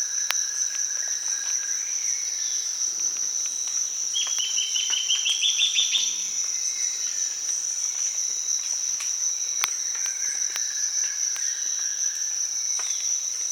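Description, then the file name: Bird giving a quick string of short repeated notes, rising a little over two seconds, against a constant high-pitched insect buzz. "SABIOD 50 bird 2015"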